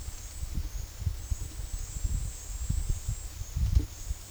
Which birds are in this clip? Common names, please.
none